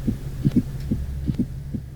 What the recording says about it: Listen to a fourth heart sound. There's an extra sound that interrupts the usual cadence. It sounds like a stone skipping a blum-blum, dun. We often say that's similar to the word Tennessee, where if you think about the first two syllables of Tennessee, we roll them together, tenna.